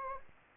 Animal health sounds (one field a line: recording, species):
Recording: mosquito wingbeat signal from an infrared sensor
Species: Anopheles gambiae